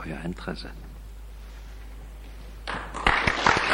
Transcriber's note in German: Applaus